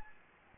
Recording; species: mosquito wingbeat signal from an infrared sensor; Anopheles gambiae